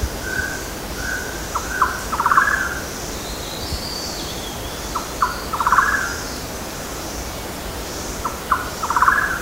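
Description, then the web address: Golden-naped barbet calls: a few short tonal notes followed by a quick rattling trill, the phrase repeated roughly every three seconds over a steady hiss of background noise. Recorded on Mount Kinabalu, Bukit Ular, 14 August 2009. "MTKINABALUBUKITULAR 20090814. golden-naped barbet"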